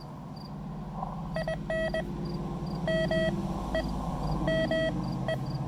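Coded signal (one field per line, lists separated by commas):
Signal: Morse code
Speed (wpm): 20 wpm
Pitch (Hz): 640 Hz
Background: none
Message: IN M E M E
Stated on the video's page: Roadside park activation on the Blue Ridge Parkway.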